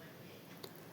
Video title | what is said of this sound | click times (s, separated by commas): 6,500-க்கு வாங்கிய ULTRA Grinder! 😍 இப்போ விலை எவ்வளவு தெரியுமா? #Ultragrinder @saimeenuskitchen | அவ்வளோுதான் இப்ப நல்லா லாக் ஆயிடுச்சு. | 0.6 s